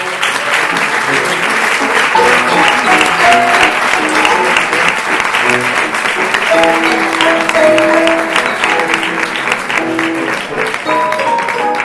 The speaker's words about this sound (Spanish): Les pido un fuerte aplauso para los dos.